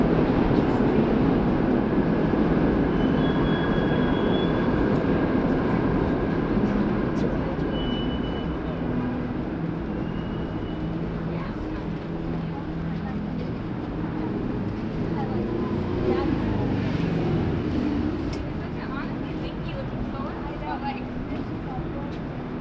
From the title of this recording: NYC Street performance